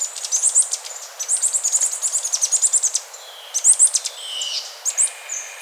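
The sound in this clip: Bird giving very high, quick chirping series in clustered bursts with short gaps, a faint lower call in between.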